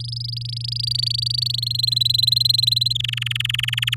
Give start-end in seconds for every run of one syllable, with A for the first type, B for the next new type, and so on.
0.00-1.56 A, 1.58-2.93 B, 2.95-3.95 C